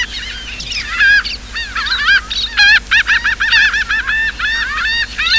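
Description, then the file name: Laughing gull calling, a run of harsh, nasal, arched 'ha' notes repeated in quick bursts, rising and falling. Recorded 14 April 2006. "2006-04-14 laughing gull"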